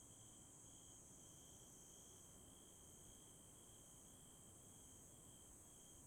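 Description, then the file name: Bell cricket giving long high ringing trills separated by brief gaps, with a continuous higher-pitched insect hiss underneath. "鈴虫鳴き声"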